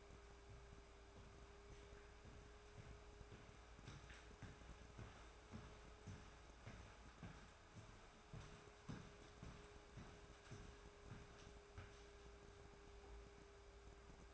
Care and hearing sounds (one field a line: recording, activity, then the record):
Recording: daily activity, microphone in the room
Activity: walk to room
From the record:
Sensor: 2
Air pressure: 1010.3 hPa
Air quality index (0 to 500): 160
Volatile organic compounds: 7 ppm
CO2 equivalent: 2015 ppm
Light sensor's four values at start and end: 43/103/47/54 and 42/101/46/53